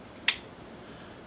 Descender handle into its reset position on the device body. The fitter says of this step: I hear the click I can now come back down open up the cam again by opening up the handle and